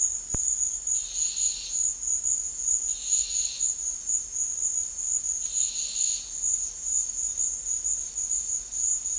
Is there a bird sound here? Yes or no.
no